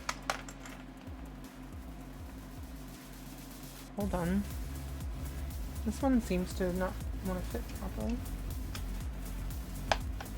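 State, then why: Seated. A replacement plastic keycap is pressed onto a Commodore 64 key plunger while someone talks. It resists at first, then snaps home with a sharp, satisfying snap at 9.9 s, and the keycap is seated.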